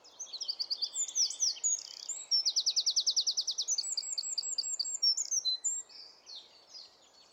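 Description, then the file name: Eurasian wren song: quick high twittering, a long rapid trill, then varied piercing notes that fade away toward the end. "Troglodytes troglodytes"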